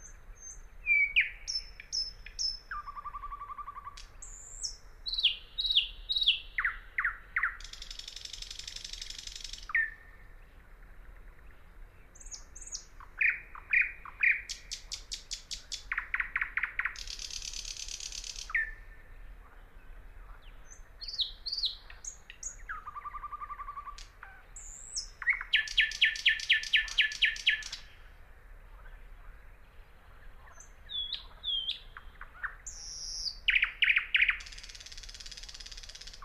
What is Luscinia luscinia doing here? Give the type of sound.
song